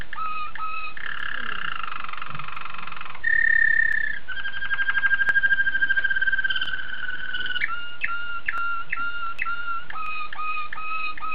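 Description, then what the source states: Canary song of long rolling tours: buzzy sustained trills shifting in pitch, a liquid throbbing passage, then evenly repeated clipped notes, with faint background hiss. Waterslager breed canary.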